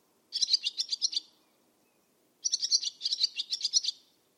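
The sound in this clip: Barn swallow calls in two quick bursts of high, chattering chirps, the second longer, with a clear pause between them.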